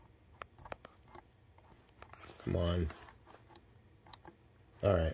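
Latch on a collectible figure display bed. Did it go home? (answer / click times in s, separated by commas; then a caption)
no / none. A small latch on a plastic collectible figure display bed is pressed several times, giving short faint clicks and taps at about 0.4, 0.7, 0.9, 1.2, 3.6, 4.1 and 4.3 seconds, while someone talks. The latch is sensitive and a little loose, and it has not clicked in or caught yet.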